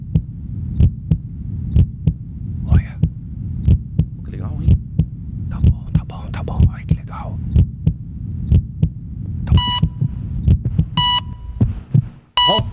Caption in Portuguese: Eu vou encostar o coração bem perto do microfone para vocês ouvirem as batidas do meu coração. Silêncio absoluto para ouvir o coração. O microfone aqui é bom, mas tem que aumentar bastante.